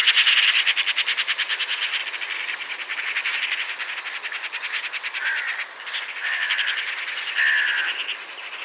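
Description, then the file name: Eurasian magpie chattering in a loud, harsh, machine-gun rattle for the first two seconds, then rougher broken chatter. "Pica pica"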